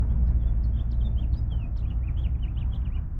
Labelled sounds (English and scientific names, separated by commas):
House Finch (Haemorhous mexicanus) song